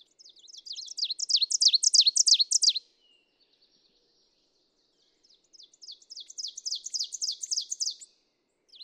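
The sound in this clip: Ovenbird song delivered twice: a loud, crescendoing chant of quick repeated high phrases, then after a pause a softer second series of the same phrases.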